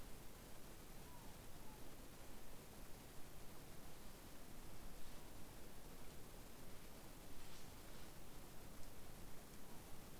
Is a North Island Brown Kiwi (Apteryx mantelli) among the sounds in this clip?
no